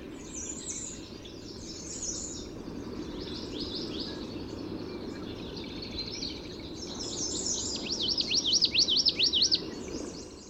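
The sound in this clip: Common yellowthroat song near the end, a short burst of repeated rolling phrases, after several seconds of scattered high chirps from other birds over steady background noise.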